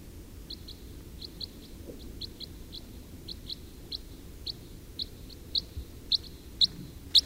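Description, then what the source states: Red crossbill gives a run of many short, high chips, faint at first and growing louder toward the end, over background noise. Recorded in the Rusel area on 27 October 2014.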